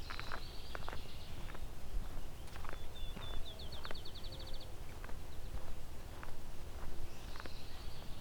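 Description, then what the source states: Yellow Warbler calling in quick high trilled runs, repeated a few times, with footsteps and low background rumble. Annoyed; in the morning.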